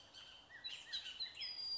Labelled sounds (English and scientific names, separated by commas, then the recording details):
Bullock's Oriole (Icterus bullockii)
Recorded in Sonoma County, California